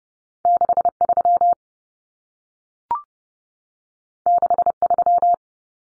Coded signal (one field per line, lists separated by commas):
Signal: Morse code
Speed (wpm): 30 wpm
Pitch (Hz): 700 Hz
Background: none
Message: 63 63